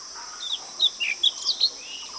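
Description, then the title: Bird song of several short high chirps and twitters over a steady hiss. "burung"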